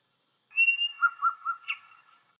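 Little shrike-thrush call: a short series of clear whistled notes over a sustained tone, with a brief sharp higher note near the end.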